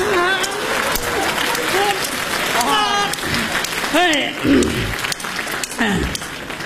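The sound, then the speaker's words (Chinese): A crowd claps steadily for several seconds, a dense, continuous crackle of applause, while voices speak and call out loudly over it. “我就憋那些不鼓掌的。”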